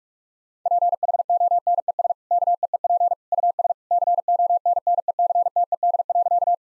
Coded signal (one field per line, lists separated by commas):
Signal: Morse code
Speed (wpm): 44 wpm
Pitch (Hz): 700 Hz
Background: none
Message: PHONES KEEP US CONNECTED.